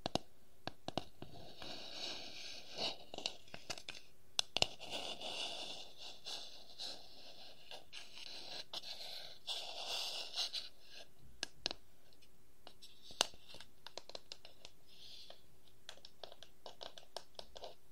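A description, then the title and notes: Wooden objects tap and scratch in an irregular stream of short, sharp clicks, some louder knocks standing out near the start and around thirteen seconds. Between taps, dry, bright scraping comes in patches, thickest from about two to eleven seconds, over a faint steady hum. ASMR No Talking Wooden Objects Tapping and Scratching ( Cork, Bowl, Lid, Block).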